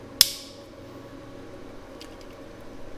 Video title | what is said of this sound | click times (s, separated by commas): BMW E36 3D Printed Cupholder OEM+ Design Assembly | you can hear it rattle what you want to do just click it in | 0.2 s